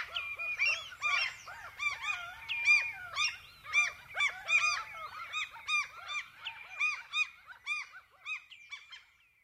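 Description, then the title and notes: Common gulls crying together: quick series of sharp, harmonic mewing notes, busy at first, then thinning into spaced single calls that fade out. "Viikon luontoääni: Kalalokki. Juha Laaksonen"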